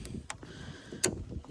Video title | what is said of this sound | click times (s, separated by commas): Town & Country / Grand Caravan Headlight Bulb Replacement (2011-2020) - Easy High & Low Beam Fix! | You heard her pop into place nicely there. | 1.1 s